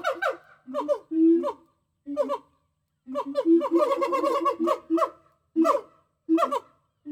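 Gibbon calling: short hoots, then a long run of rapid, overlapping, warbling notes, followed by a few spaced single hoots.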